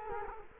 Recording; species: mosquito wingbeat signal from an infrared sensor; Culex quinquefasciatus